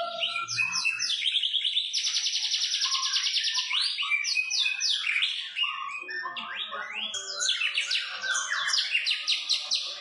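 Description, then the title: White-rumped shama song: quick whistled notes, a long buzzy trill, then a rapid torrent of high, sliding whistles and chattering notes. White-rumped shama described as gacor, singing continuously and vigorously; meant to provoke a response from shamas. "PANCINGAN MURAI BATU GACOR, LANGSUNG RESPON"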